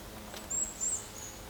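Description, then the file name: Marsh tit call: two thin, very high, drawn-out whistled notes in quick succession against soft background hiss. "Poecile palustris"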